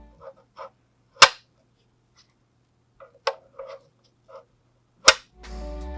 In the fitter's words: push the black connectors down until you hear a sharp click from the latches